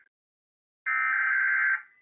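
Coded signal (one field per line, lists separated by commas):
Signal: Emergency Alert System (SAME) tones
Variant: header bursts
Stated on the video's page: Required monthly test on an AM station, its HD radio signal, a TV station and a cable provider.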